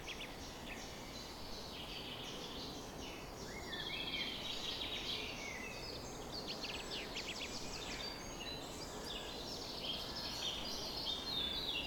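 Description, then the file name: Birds: many birds, overlapping high chirps, trills and whistles forming a dense steady wash over constant background hiss. Summer morning bird chorus recorded at 4:40 am. "summer morning bird chorus-4 40 am in cobs"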